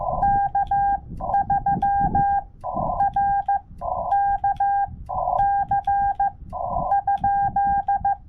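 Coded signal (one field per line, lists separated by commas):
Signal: Morse code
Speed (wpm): 15 wpm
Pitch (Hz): 800 Hz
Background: none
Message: K3RKC ?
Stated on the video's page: CW sent with paddles on a Yaesu FT-891 at 25 watts during a SOTA summit activation, using a 17-ft whip antenna on a tripod.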